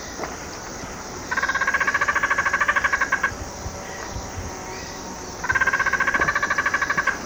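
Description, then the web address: Dusky spinetail giving a fast pulsed chatter twice, each burst about two seconds long, separated by a pause of about two seconds. Recorded in Ecuador. "Natures Songs S America Birds of Ecuador. Dusky Spinetail"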